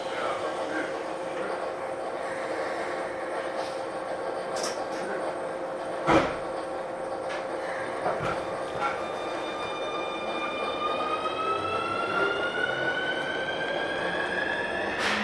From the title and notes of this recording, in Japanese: 京急新1000形(アルミ車) 横浜〜三崎口。車体はアルミニウム合金製。VVVFインバータ制御装置は、1・2次車では2100形と同じくGTOサイリスタ素子によるドイツ・SIEMENS社製を採用、3～5次車では同じシーメンス社製であるが、使用素子はIGBTに変更され、純電気ブレーキも搭載。